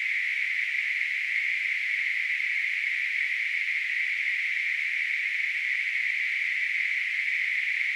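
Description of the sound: Simulated tinnitus: a steady, unbroken narrowband hiss centred around 2 kHz, holding an even level throughout with no low-frequency content.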